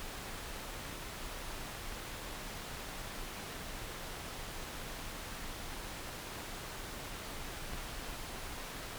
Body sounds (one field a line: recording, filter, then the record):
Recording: brain microelectrode recording played as sound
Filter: wide band, above 20 Hz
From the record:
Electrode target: subthalamic nucleus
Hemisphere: left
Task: reaching with the right hand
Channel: 2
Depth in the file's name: 0.251 mm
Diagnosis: Parkinson's disease